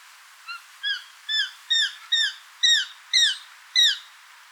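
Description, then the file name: Eurasian jay calling: repeated falling, ringing notes that start soft and grow louder, about two each second, eight notes in all. "Garrulus glandarius"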